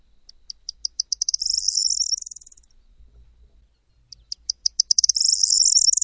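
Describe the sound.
Bird giving high-pitched trills twice; each begins with separate ticks that quicken into a rapid, sustained buzzy trill, with a quiet pause between.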